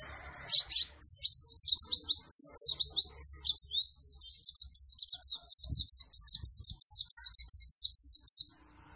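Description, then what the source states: White-eye song: a long, fast stream of high, sharp chirps and twittering notes, nearly continuous for about eight seconds, with faint low background rumble. Energetic 'gacor' singing after being doped with Metabolis and You C 1000.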